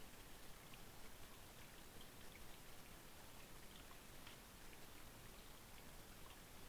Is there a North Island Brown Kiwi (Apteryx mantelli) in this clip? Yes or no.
no